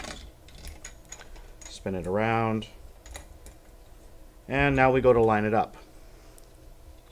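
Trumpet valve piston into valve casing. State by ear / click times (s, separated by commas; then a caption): not seated / none. A trumpet's first-valve piston is turned and lined up so its number faces the mouthpiece receiver, before it is pushed down into the metal valve casing. Small, quiet handling taps and clicks are heard around 0.5–1.2 s and 3.1–3.5 s, and someone talks in between. The piston has not yet seated or clicked into place.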